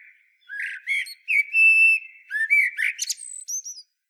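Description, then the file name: Common blackbird giving a continuous fluty warble with a sustained whistled note in the middle and squeaky high notes near the end. "Turdus merula"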